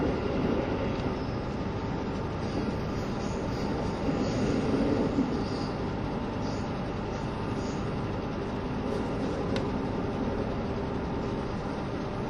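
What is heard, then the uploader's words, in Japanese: The KiHa 72 Yufuin no Mori train runs between Ukiha and Hakata with a steady, dense low rumble that holds an even level throughout. Faint high squeaks recur between about 2 and 8 seconds, and a brief sharp tick sounds near 9.5 seconds. 配信は、JR九州キハ72系 ゆふいんの森06号02 うきは～博多です。走行音。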